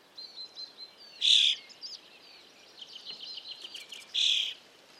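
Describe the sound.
Eurasian starling mixing thin whistles, clicks and scratchy warbling with two loud, harsh rasping bursts about three seconds apart.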